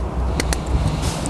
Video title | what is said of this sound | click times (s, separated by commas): 2016-2019 Lexus RX Hamilton Conversion Kit for Apple CarPlay® and Android Auto™ Installation Guide | make sure they click into place all three trim clips in the new Hamilton front trim piece | 0.4 s, 0.5 s